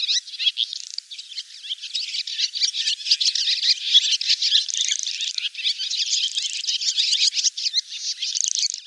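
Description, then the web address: Barn swallow twittering: a dense, continuous chatter of rapid, high chirps and dry rattling notes, with no pause throughout. "cianscape birddata Deverinetal 2025"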